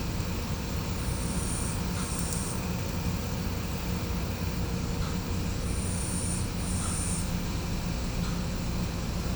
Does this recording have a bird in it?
no